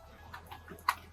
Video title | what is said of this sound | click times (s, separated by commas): How to Use a Subaru Tire Inflator Kit - Step-by-Step | This piece right here clips right into here. | 0.9 s